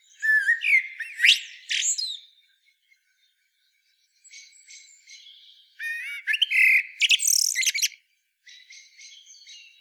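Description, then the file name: Common blackbird singing: a rich whistled warble ending in high scratchy squeaks, a quiet twittering pause, then another loud fluted phrase and soft high chatter. "Turdus merula"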